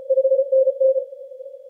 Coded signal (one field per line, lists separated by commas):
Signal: Morse code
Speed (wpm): 33 wpm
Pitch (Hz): 530 Hz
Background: none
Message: 5NN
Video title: CY0S Sable Island 2023 - 80 CW